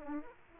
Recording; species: mosquito wingbeat signal from an infrared sensor; Aedes aegypti